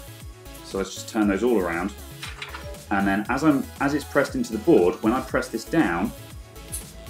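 Someone talks while handling the plastic push-pin fasteners of a CPU cooler, turning them around and getting ready to press one into a motherboard mounting hole, with a couple of brief handling ticks near 2.2 s and 2.4 s. Nothing has seated or clicked yet; the black inner pin has not yet been driven down to spread the legs and lock the cooler to the board.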